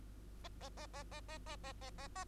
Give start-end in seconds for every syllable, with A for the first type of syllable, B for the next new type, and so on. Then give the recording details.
0.44-0.48 A, 0.61-0.69 A, 0.77-0.86 A, 0.93-1.03 A, 1.11-1.20 A, 1.28-1.38 A, 1.46-1.56 A, 1.64-1.73 A, 1.81-1.91 A, 1.98-2.08 A, 2.16-2.24 A. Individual Bird2